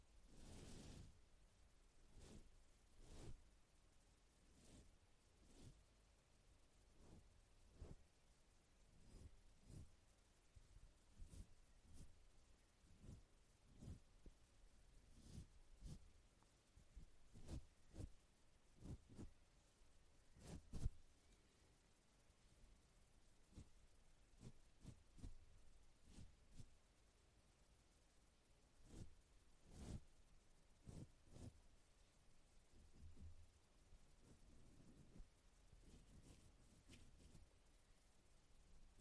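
Brushing on a microphone, with and without a windscreen, makes a dense run of short scratchy strokes and soft thumps, some rumbling low. The strokes come irregularly, about one or two per second, over a faint steady hiss, with a heavier burst at the start and near twenty-one seconds.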